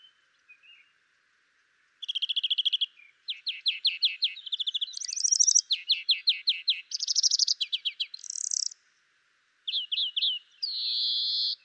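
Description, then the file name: European greenfinch song: rapid twittering trills at varied pitches, with short nasal buzzes near the middle and a longer wheezy buzzing note near the end. "Chloris chloris"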